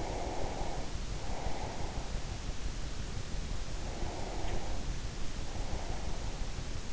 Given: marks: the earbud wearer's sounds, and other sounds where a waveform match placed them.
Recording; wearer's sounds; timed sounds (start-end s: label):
sounds in sleep by an in-ear microphone; breath
0.00-2.19 s: breath
3.92-6.54 s: breath